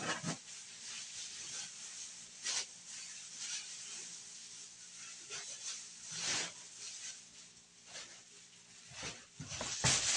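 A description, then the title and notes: Spraying and wiping sounds: a steady bright hiss with short spray bursts near 2.5, 6.3 and 9–10 seconds, plus a faint low hum underneath. Spraying, wiping, and vacuuming.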